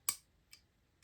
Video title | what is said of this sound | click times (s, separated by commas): Top 5 button lock knives 2023 | has actually a pretty significant button stick you can hear it clicking there when I disengage | 0.1 s